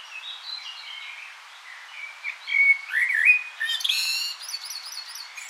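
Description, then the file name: Common blackbird singing soft fluted phrases that swell into a louder mellow warble, ending in high thin twitters, with another bird's rapid high chips overlapping at the close. "Turdus merula"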